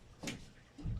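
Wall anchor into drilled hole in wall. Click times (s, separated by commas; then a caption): 0.3 s. A plastic wall anchor from a mounting system is pushed through a half-inch hole drilled in the wall. It snaps open behind the drywall with a sharp, bright snap at 0.3 s, which seats it. A low thump follows near the end.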